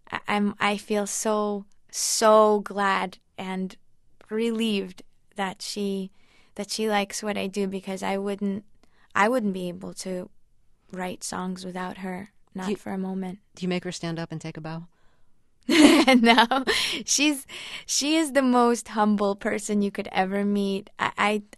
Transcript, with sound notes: I feel so, so glad and relieved that she, that she likes what I do because I wouldn't, I wouldn't be able to write songs without her - not for a moment.
Do you make her stand up and take a bow?
(LAUGHTER)
No. She's, she is the most humble person you could ever meet.